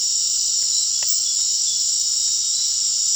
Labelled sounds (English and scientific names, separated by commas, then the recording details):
none
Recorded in dense forest near Puerto Asís, Putumayo, Colombia, on 21 March 2025 at 19:00
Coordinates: 0.499, -76.324
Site GP03